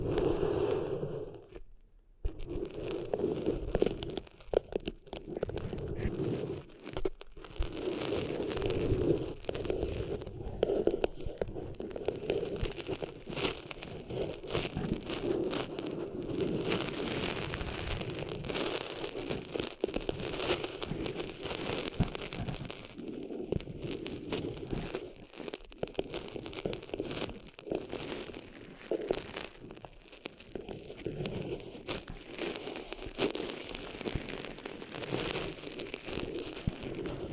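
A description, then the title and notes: Ear cleaning of sand sounds as dense, crackling, gritty rustling, near-continuous with brief pauses around two and seven seconds. ASMR Cleaning Sand Out of Your Ears (No Talking).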